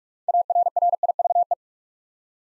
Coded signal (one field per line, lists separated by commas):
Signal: Morse code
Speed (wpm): 44 wpm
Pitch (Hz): 700 Hz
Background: none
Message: ARRIVE